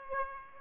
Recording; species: mosquito wingbeat signal from an infrared sensor; Aedes aegypti